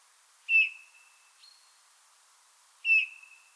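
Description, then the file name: Eurasian bullfinch piping call, a soft whistled note heard twice, with a faint higher steady tone between them. "Pyrrhula pyrrhula"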